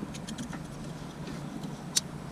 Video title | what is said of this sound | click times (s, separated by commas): How to Change Headlight bulb in Jeep Compass 2007-17 | Collect till it clicks and | 2.0 s